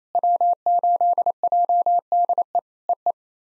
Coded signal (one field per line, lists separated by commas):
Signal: Morse code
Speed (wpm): 28 wpm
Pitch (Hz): 700 Hz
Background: none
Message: W8JDE EE